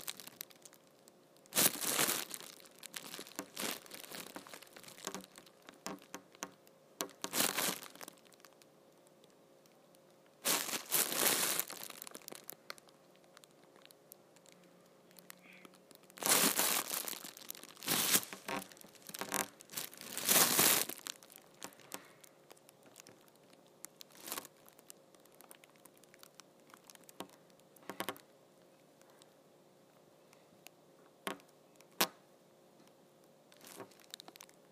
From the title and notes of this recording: ASMR Big Ol Trash Bag.